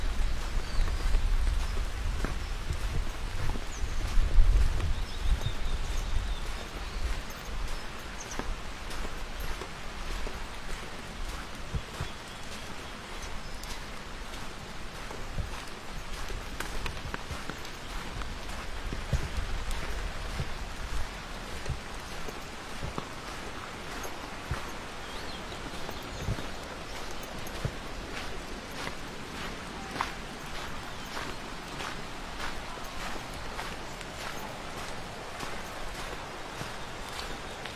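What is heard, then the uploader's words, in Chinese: A walk along a forest trail in the rain. Footsteps crunch at an irregular pace over a steady, dense patter of rain, with a heavier low rumble in the first five seconds before the sound settles to an even level. 在雨中沿着森林步道漫步。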